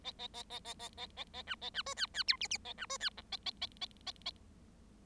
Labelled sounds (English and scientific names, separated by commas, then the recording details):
Bengalese Finch (Lonchura striata domestica) song
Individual Bird7